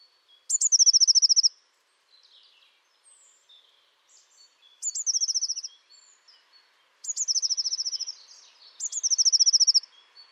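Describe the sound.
Bird repeats a high, rapid trill four times. Each burst opens with a sharp note and runs as quick, even pulses, with soft chips between.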